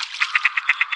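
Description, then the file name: Gadwall giving a rapid burst of clipped nasal notes, evenly spaced, with a steady tone. "Snatterand"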